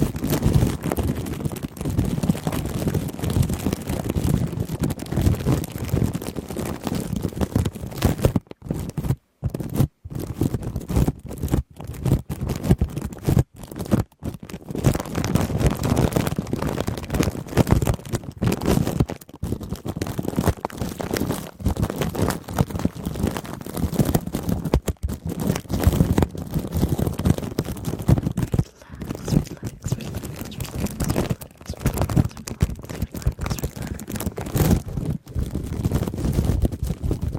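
Shaving cream is worked over a microphone alongside intense crinkling, a dense, continuous rustle of squishing and crackling with most weight in the low end. The texture churns irregularly without pause, broken only by brief near-silent gaps around 9, 14, 19 and 29 seconds.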